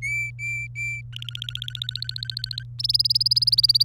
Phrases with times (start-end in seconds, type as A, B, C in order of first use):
0.02-1.01 A, 1.13-2.63 B, 2.79-3.85 C